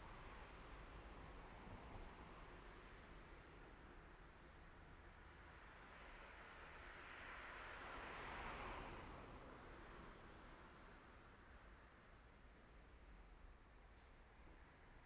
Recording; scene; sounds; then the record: everyday scene through a hearing-aid microphone; in traffic; traffic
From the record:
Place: main road on the outskirts, rush hour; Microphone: behind the ear, left, front